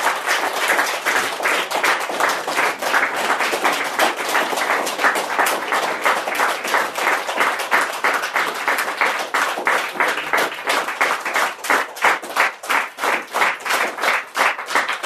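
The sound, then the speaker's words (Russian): Enthusiastic audience applause at the end of Mikhail Aizenberg's poetry reading of almost an hour at the Dacha club: a loud, continuous wash of many hands clapping for about fifteen seconds, with individual claps standing out more and the volume pulsing slightly toward the end. “Судя по бурному аплодисментам, завтра...”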